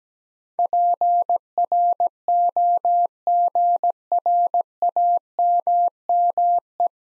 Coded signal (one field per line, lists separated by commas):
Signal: Morse code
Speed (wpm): 17 wpm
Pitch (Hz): 700 Hz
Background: none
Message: PROGRAMME